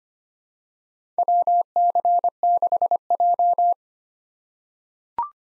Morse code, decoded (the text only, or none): WC6J